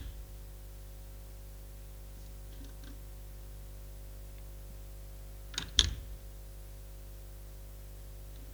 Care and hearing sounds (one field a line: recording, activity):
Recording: daily activity, guitar pickup as the sensor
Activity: manipulate door